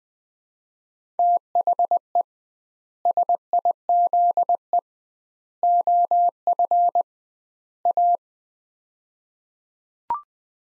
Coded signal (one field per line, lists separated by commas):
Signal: Morse code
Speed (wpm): 20 wpm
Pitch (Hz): 700 Hz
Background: none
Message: THE SIZE OF A